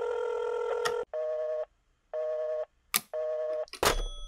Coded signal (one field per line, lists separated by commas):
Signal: telephone call progress tone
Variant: North America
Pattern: busy tone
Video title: My new rotary phone design that was posted on the LEGO channel. 📞 #asmr #lego #shorts #legomoc